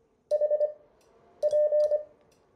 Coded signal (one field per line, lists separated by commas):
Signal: Morse code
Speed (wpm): 25 wpm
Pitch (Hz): 600 Hz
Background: none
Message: HP